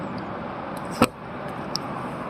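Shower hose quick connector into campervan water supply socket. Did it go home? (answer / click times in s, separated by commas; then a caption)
yes / 1.8 s. The outdoor shower hose quick connector of a 2024 Rimor Horus 38 campervan, lined up with its notch at the 3 o'clock position, is pushed firmly into the van's water supply socket against a steady background hiss. A brief louder knock comes at about 1.0 s, then a sharp click at 1.8 s as the sheath engages and the connector seats.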